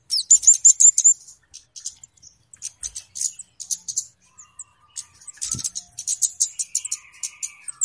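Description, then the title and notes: Flowerpecker calls: rapid high ticking runs in irregular bursts separated by short pauses, with a brief thin buzzy note near the end. Call used as a lure (pikat) for bird trapping; known locally as Kemade or Cabe Cabean; described as a clear recording. "Kicau Burung Kemade ( Cabe Cabean) Jernih. Suara Burung Cabe Cabean Pikat"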